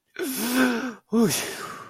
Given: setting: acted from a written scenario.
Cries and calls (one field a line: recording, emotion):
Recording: vocal sound without words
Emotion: distress